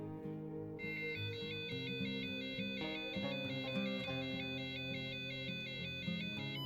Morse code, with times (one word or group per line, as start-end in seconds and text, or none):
none